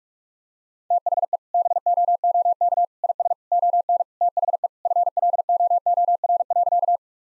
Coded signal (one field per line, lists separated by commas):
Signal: Morse code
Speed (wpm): 46 wpm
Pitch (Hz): 700 Hz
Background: none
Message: THE BOOK IS ON THE FLOOR.